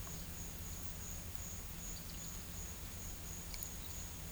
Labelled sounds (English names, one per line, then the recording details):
none
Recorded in pastures near Puerto Asís, Putumayo, Colombia, on 21 December 2024 at 12:00
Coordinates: 0.472, -76.329
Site G072